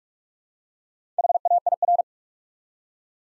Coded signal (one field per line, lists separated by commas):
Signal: Morse code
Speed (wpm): 44 wpm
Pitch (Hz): 700 Hz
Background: none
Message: HAIR